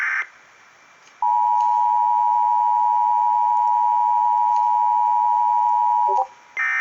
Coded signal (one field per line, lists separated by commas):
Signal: Emergency Alert System (SAME) tones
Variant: 853 and 960 Hz attention tone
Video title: DOUBLE HEADER!!!!! EAS 488-489 LAE and TOR